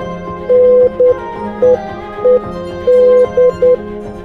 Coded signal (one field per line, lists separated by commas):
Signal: Morse code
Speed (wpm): 10 wpm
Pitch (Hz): 500 Hz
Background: music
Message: NEED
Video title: When SHTF - Morse Code Will Be Essential For You